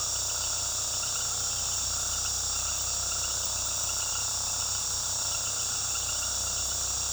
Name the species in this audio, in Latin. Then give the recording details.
none. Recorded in pastures near Puerto Asís, Putumayo, Colombia, on 21 February 2024 at 19:00. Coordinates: 0.486, -76.323. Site G6462